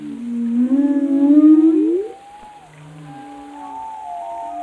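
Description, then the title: A whale gives a loud rising moan with a slight pulsed texture, then quieter long tonal notes and a low hum. "Whale Tales: Discovering the Stories Behind the Sounds"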